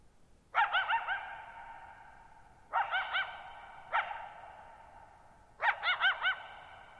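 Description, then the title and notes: Coyote barking in bursts of rapid wavering yips, four groups over several seconds, each with a drawn-out echo in otherwise near silence. Lone coyote calling for nearly 50 minutes at night, July 14, 2019, Thirtymile Meadows, Okanogan National Forest, Okanogan High Country, Pacific Northwest, 6400 ft (1950 m); shallow bowl-shaped meadow on high, dry plateau. "Lone Coyote at Thirtymile Meadows. night of July 14, 2019, camped near Thirtymile Meadows in the Okanogan National Forest at 6400 ft (1950 m)"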